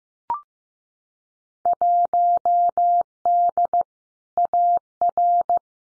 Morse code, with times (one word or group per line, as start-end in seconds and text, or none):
1.7-3.8 1D
4.4-5.6 AR